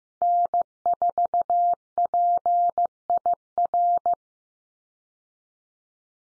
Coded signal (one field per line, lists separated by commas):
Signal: Morse code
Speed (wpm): 14 wpm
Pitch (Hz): 700 Hz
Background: none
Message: N4PIR